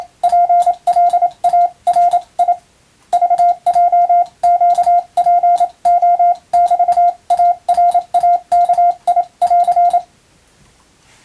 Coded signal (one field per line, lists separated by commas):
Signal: Morse code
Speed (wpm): 27 wpm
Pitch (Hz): 700 Hz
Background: radio noise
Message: PLARI VJQPO<BT>ARAKI<AR>